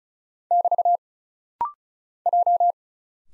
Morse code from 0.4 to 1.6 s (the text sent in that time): <BT>